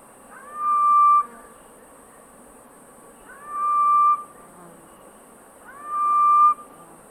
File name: Malaconotus blanchoti, roep te Skeerpoort, 2022-01-02 17 h 03